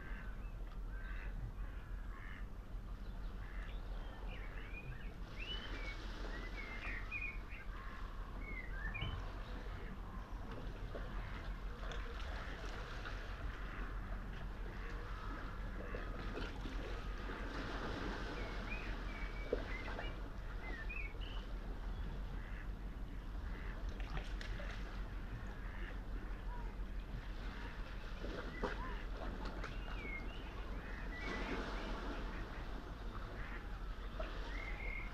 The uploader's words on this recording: Early morning below Nothe Fort. The sound-scene is of a smooth, sunrise sea, heard from a tree, growing up out of a bundle of boulders, close to the water's edge. It's early April, and just after daybreak. The Lento kit is in the tree, capturing the wide spatial quiet of this place with nobody about, right beside Nothe Fort in Weymouth on the south coast of England.